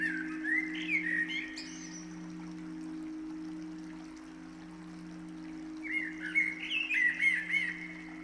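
Bird song: two brief warbled phrases of slurred chirps, several seconds apart, over a steady low humming drone throughout.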